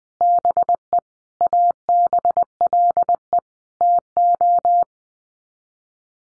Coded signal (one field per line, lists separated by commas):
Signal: Morse code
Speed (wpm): 19 wpm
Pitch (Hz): 700 Hz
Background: none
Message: BE ABLE TO